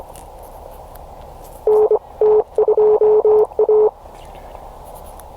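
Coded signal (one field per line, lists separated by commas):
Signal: Morse code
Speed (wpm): 25 wpm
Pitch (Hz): 430 Hz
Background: none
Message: NT2A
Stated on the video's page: Morse copying practice from a POTA park activation at Biscayne National Park, reached by boat.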